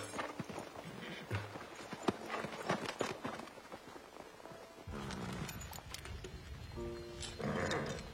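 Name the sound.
horse hooves clip-clopping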